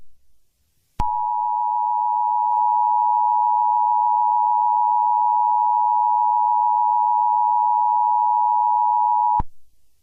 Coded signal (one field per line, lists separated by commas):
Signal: Emergency Alert System (SAME) tones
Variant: 853 and 960 Hz attention tone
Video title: EAS Special - A Moment of Silence: in memoriam of Kobe Bryant